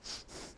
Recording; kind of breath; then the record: one breath in and out by a microphone near the nose and mouth; strong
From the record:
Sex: male